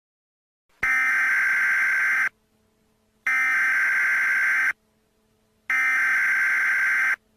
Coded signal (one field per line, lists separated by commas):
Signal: Emergency Alert System (SAME) tones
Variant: header bursts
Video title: An Mini EAS Scenario: CaseOh's Deadly Earthquake